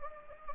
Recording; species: mosquito wingbeat signal from an infrared sensor; Anopheles gambiae